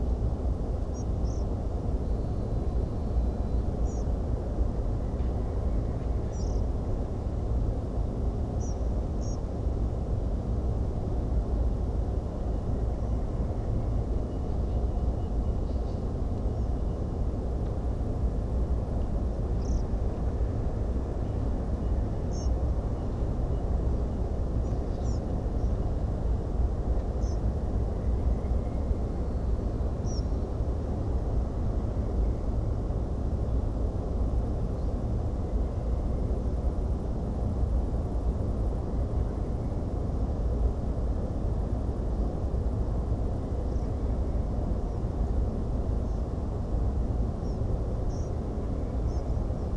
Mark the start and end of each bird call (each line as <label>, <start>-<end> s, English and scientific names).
Spotted Flycatcher (Muscicapa striata), 0.94-1.03 s
European Pied Flycatcher (Ficedula hypoleuca), 1.25-1.43 s
European Pied Flycatcher (Ficedula hypoleuca), 3.85-4.03 s
European Pied Flycatcher (Ficedula hypoleuca), 6.32-6.60 s
European Pied Flycatcher (Ficedula hypoleuca), 8.60-8.73 s
European Pied Flycatcher (Ficedula hypoleuca), 9.21-9.36 s
European Pied Flycatcher (Ficedula hypoleuca), 19.60-19.82 s
European Pied Flycatcher (Ficedula hypoleuca), 22.31-22.48 s
Spotted Flycatcher (Muscicapa striata), 24.63-24.72 s
European Pied Flycatcher (Ficedula hypoleuca), 25.03-25.19 s
European Pied Flycatcher (Ficedula hypoleuca), 27.21-27.36 s
European Pied Flycatcher (Ficedula hypoleuca), 30.05-30.20 s
European Pied Flycatcher (Ficedula hypoleuca), 43.71-43.87 s
European Pied Flycatcher (Ficedula hypoleuca), 47.44-47.58 s
European Pied Flycatcher (Ficedula hypoleuca), 48.09-48.29 s
European Pied Flycatcher (Ficedula hypoleuca), 49.08-49.22 s